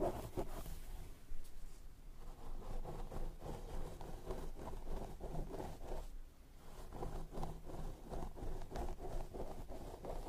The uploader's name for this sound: Scalp Massage & Hair Brushing